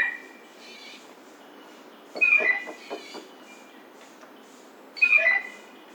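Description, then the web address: Blue jay calls in bursts: a harsh squealing call with clicks around two seconds, then another similar burst near five seconds, quiet between. Recorded 29 July 2009. "Blue Jay 2009 07 29"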